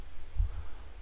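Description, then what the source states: Grey wagtail call: one high, thin, slightly falling note at the start, followed by low rumbling noise with a dull thump near the middle. A pair of grey wagtails still searching for their young today; follow-up report.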